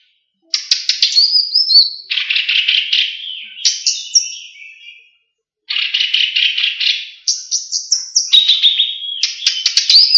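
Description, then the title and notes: Leafbird song: loud, varied bursts of harsh chattering notes mixed with clear whistled slides, two long phrases separated by a pause of about half a second. "Cucak Ijo"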